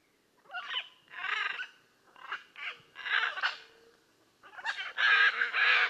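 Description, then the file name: Blue-and-yellow macaw giving loud, harsh, raspy squawks in uneven bursts, several long grating calls with short gaps, the final burst loudest and most sustained. "Blue and yellow Macaw Ara ararauna"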